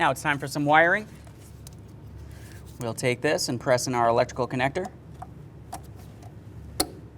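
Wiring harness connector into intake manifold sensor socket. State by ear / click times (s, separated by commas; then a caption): seated / 6.8 s. A wiring harness electrical connector is pressed into its sensor socket on the intake manifold of a 2012-2018 Nissan Altima 2.5L L4 while someone talks. Faint handling ticks follow, and a sharp click at 6.8 s shows the connector has seated.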